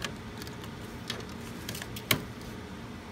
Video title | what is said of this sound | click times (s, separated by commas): How TO “CONVERT” EPSON 7710 PRINTER INTO A SUBLIMATION PRINTER- IN JUST A FEW EASY STEPS | clicking sound magenta | 2.1 s